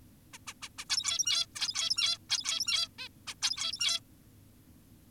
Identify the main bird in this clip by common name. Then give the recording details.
Zebra Finch. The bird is an adult. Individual g17y2U